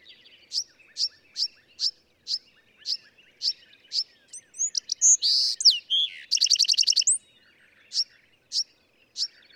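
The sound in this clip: Bewick's wren song: a run of repeated sharp high notes, then a burst of buzzy slurred notes and a fast trill, ending with more spaced notes.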